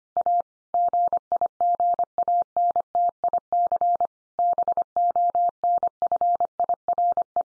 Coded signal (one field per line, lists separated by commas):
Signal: Morse code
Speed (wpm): 25 wpm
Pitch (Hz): 700 Hz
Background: none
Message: A GIGANTIC BONFIRE